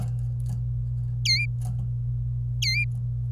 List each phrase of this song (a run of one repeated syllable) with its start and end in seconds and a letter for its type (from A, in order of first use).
1.25-1.46 A, 2.62-2.84 A